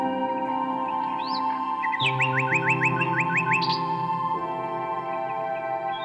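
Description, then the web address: Common nightingale singing a fast series of about eight repeated rising notes, preceded by a few thin whistles, with sustained low humming chords underneath. "Circlesandlines recordings. h wialenove - nightingale song"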